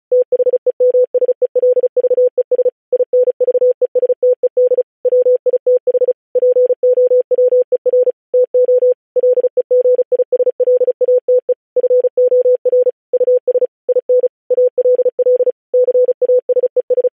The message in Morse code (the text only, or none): THEMSELVES INVESTED WITH POWER TO LEGISLATE FOR US IN ALL CASES